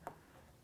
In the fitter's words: the number-two connector click